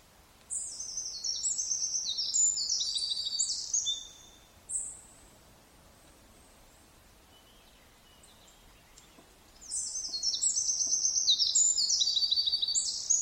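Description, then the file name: Eurasian wren song: two long, loud bursts of rapid high trills and tumbling chattering notes, the first lasting about four seconds, the second starting near ten seconds, with a brief note between. "Troglodytes troglodytes"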